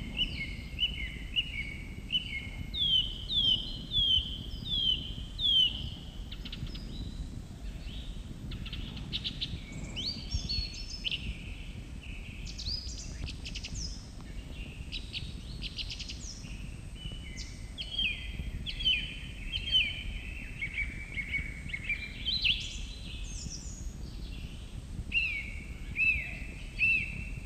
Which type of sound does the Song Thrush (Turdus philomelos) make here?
song